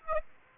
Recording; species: mosquito wingbeat signal from an infrared sensor; Aedes aegypti